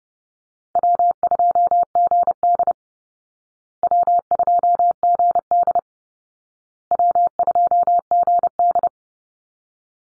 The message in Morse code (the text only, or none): W2GD W2GD W2GD